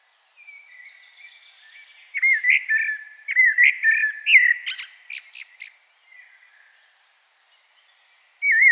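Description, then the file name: Common blackbird song, a soft lead-in followed by rich fluty warbling and a burst of high squeaky notes, silence, then another phrase beginning. "Turdus merula"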